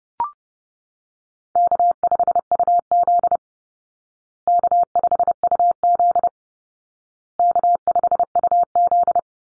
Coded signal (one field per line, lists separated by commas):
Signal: Morse code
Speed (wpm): 30 wpm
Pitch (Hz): 700 Hz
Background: none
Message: K5UZ K5UZ K5UZ